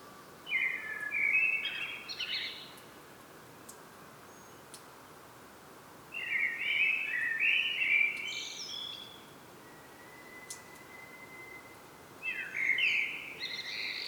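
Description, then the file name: Common blackbird singing three spaced fluted phrases, each closing with a squeaky high flourish; a thin steady whistle sounds before the last one. "Turdus merula"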